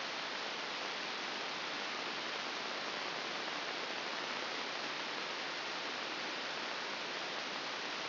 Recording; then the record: brain microelectrode recording played as sound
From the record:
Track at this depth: outside the subthalamic nucleus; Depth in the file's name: 4.898 mm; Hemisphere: left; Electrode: 2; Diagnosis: Parkinson's disease